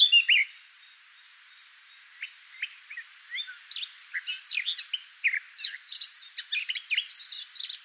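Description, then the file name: Eurasian blackcap song: a brief note at first, a near-quiet gap, then scattered chirps building into fast, busy high warbling toward the end. "Sylvia atricapilla"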